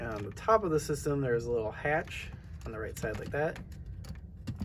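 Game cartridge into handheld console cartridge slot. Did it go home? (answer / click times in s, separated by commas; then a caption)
no / none. Someone talks while handling a small plastic game cartridge at the slot under the little hatch on the top right side of a handheld game console (a Nintendo Switch). A few light taps are heard near the end, around 4.0 to 4.7 s. The cartridge has not yet been pushed down into the slot, and nothing has seated or clicked yet.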